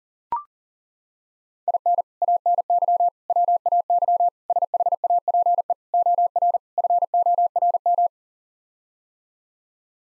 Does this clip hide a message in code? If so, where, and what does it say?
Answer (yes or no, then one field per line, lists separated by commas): yes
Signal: Morse code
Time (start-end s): 1.7-8.1 s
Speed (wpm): 40 wpm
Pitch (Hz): 700 Hz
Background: none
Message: IN ANY WAY SHAPE OR FORM